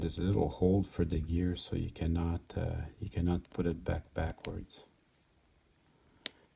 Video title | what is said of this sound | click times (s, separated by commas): N scale Kato SD40 CSX 8488. Sometimes I get lucky | and then they just snap into place check it with your fingers | 6.3 s